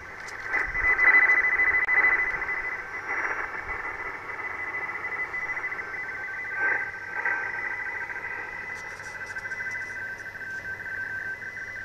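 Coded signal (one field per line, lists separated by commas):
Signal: RTTY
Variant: DDK9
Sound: steady fast warbling between two close tones, continuous teleprinter burble with static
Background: radio static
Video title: 10100KHz USB RTTY Weather Forecasts DDK9 received on my ICOM IC-720A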